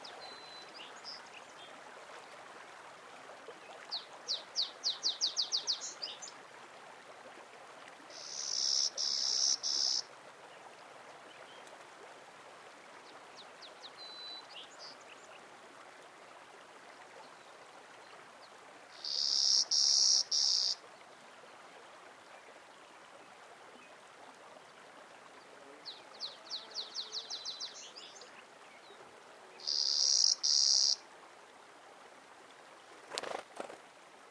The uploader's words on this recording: The episode (there is no narration) begins with the sound of Dupuyer Creek.